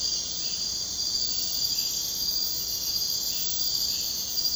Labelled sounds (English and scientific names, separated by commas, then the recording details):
none
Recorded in secondary vegetation near Puerto Asís, Putumayo, Colombia, on 22 June 2025 at 01:00
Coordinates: 0.484, -76.319
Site G074